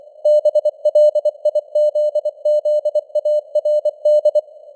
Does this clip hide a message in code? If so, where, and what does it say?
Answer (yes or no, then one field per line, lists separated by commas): yes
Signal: Morse code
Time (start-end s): 0.3-4.4 s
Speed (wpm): 24 wpm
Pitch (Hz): 600 Hz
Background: none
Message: BLIZZARD